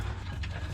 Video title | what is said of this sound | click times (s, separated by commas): Diesel HEATER INSTALLED In RV | and that locks into place | 0.4 s